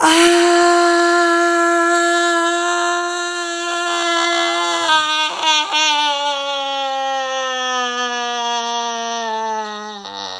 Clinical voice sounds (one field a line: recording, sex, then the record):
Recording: sustained vowel /a/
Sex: female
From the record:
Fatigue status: no fatigue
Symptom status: asymptomatic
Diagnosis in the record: COVID-19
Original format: m4a